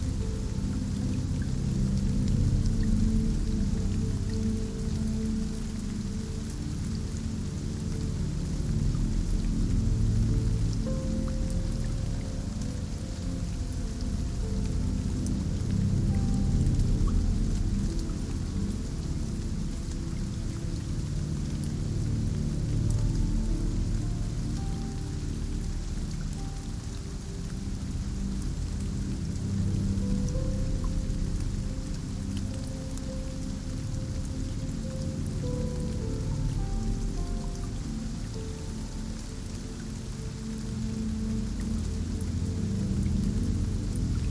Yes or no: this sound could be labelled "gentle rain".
yes